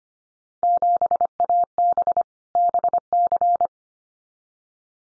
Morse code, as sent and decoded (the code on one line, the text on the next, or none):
--... .- -... / -... -.-.
7AB BC